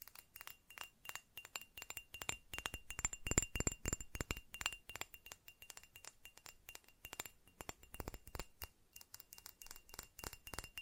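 Fast tapping: a rapid, dense run of sharp clicks on a glassy surface, each tap a bright clink with a faint ringing tone. The pace stays quick and slightly uneven throughout, briefly denser and louder around three to four seconds.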